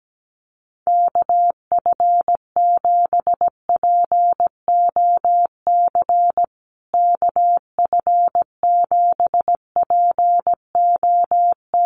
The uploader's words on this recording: USA Call Signs Repeated 2x 17wpm. First, the callsign is sent 2x in Morse code. Finally, it is sent again in Morse code.